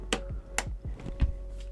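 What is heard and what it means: A second memory stick is pushed down with two thumbs into its DIMM slot on a motherboard, giving two sharp latch clicks at 0.1 s and 0.6 s. Fainter, softer sounds follow around 1.0 to 1.2 s, and the stick is seated.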